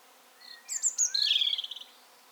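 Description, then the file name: European robin singing one phrase: very high thin notes sliding downward, then a brighter warbled passage closing in a fast, stuttering trill, with faint quiet background. "Erithacus rubecula"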